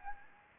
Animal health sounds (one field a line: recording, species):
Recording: mosquito wingbeat signal from an infrared sensor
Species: Anopheles gambiae